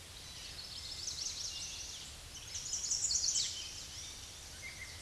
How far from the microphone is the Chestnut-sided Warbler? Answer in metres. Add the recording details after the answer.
about 10 m. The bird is about level with the microphone. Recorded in a Pennsylvania forest on 16 May 2024 at 07:32. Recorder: AudioMoth, point MSD-2074. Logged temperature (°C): 16.3 °C. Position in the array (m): 163 m, 215 m